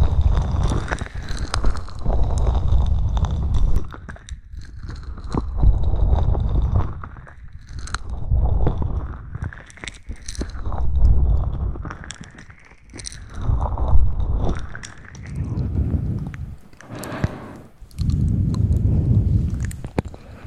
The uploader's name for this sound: ASMR whisper ramble +mouth sounds +mic scratching